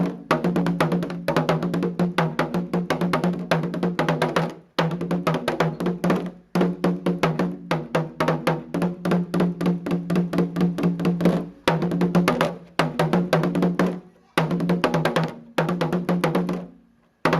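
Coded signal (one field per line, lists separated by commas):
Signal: talking drum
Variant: Akan atumpan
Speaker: So this is a video of a drama conveying information using the drums. So people that understand drum language, or the people who are part of a community, would understand what the drama is trying to put across.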